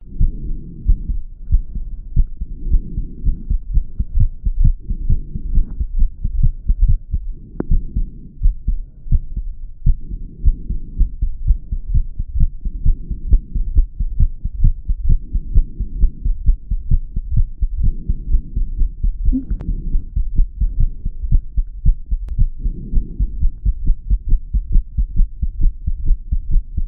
Heartbeat heart fluttering 2 minutes after exercise.